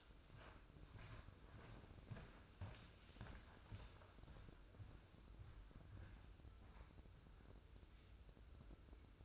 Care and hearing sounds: daily activity, microphone in the room; walk to room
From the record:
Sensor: 2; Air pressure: 995.3 hPa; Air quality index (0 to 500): 82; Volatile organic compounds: 3 ppm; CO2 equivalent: 1463 ppm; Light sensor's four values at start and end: 23/74/29/28 and 23/75/30/28

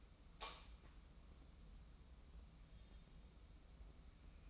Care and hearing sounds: daily activity, microphone in the room; light on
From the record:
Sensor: 1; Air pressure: 994.4 hPa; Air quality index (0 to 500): 224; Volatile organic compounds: 1000 ppm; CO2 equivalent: 8059 ppm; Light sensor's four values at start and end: 133/305/136/149 and 137/317/141/154

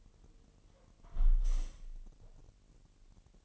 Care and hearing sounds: daily activity, microphone in the room; close window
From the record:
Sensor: 4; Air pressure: 1000.7 hPa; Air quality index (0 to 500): 242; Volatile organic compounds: 40 ppm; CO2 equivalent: 3146 ppm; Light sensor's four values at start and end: 9/20/8/8 and 9/20/8/7

